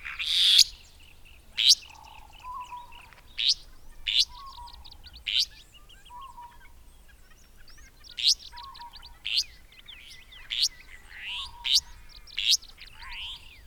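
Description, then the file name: Restless flycatcher calls: sharp, buzzy rising notes in short bursts at irregular intervals, with soft low whistled notes between them. "Myiagra Inquieta"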